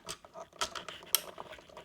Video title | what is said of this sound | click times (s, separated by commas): How I Installed My First Light Dimmer Switch - Beginner DIY Step-by-Step | insert it in so and I heard a click. | 1.2 s